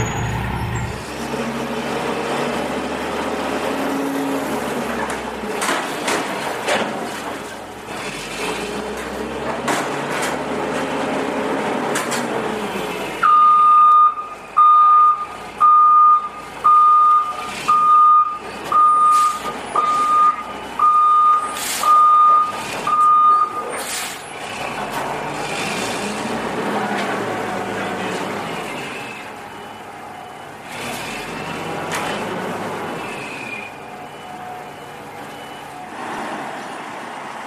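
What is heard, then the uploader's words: A garbage truck runs with a rumbling engine and clanking, churning mechanical noise through the opening stretch. From about 13 to 24 seconds a steady reversing beep pulses roughly once a second over the engine. Afterward the rumble continues with occasional hisses and knocks. Garbage Trucks.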